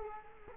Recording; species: mosquito wingbeat signal from an infrared sensor; Culex quinquefasciatus